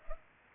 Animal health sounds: mosquito wingbeat signal from an infrared sensor; Culex pipiens

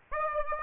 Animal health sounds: mosquito wingbeat signal from an infrared sensor; Aedes aegypti

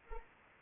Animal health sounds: mosquito wingbeat signal from an infrared sensor; Anopheles arabiensis

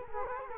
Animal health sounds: mosquito wingbeat signal from an infrared sensor; Culex quinquefasciatus

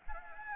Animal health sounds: mosquito wingbeat signal from an infrared sensor; Anopheles arabiensis

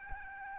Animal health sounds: mosquito wingbeat signal from an infrared sensor; Aedes albopictus

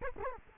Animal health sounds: mosquito wingbeat signal from an infrared sensor; Culex quinquefasciatus

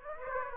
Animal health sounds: mosquito wingbeat signal from an infrared sensor; Aedes aegypti

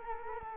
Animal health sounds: mosquito wingbeat signal from an infrared sensor; Culex quinquefasciatus

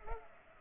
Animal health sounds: mosquito wingbeat signal from an infrared sensor; Culex pipiens

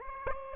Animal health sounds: mosquito wingbeat signal from an infrared sensor; Aedes aegypti

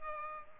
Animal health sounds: mosquito wingbeat signal from an infrared sensor; Culex pipiens

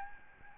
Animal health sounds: mosquito wingbeat signal from an infrared sensor; Aedes albopictus

